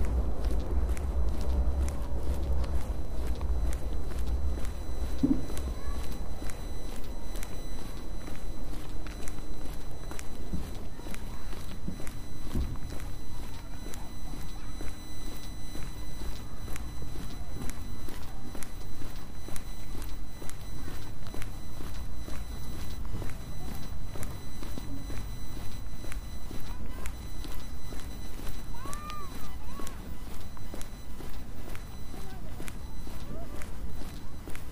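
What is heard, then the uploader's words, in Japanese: Footsteps walk at a steady, regular pace throughout, crisp, with faint low murmurs of voices and rumble in the background. 歩いている音。Walking.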